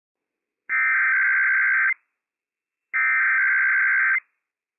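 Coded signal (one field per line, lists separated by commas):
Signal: Emergency Alert System (SAME) tones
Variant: header bursts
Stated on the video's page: Required weekly test from civil authorities for California, Nevada, Oregon and Washington, on a NOAA Weather Radio station, with operational tones.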